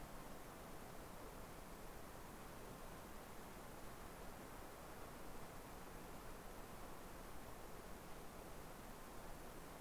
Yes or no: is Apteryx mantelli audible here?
no